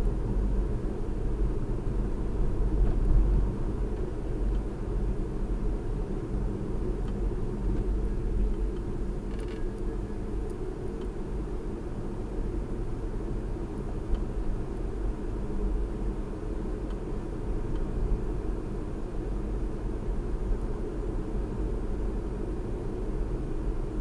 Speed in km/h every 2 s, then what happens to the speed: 47, 47, 45, 45, 42, 45, 45, 47, 47, 47, 47, 47.
0-24 steady at about 47.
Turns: none.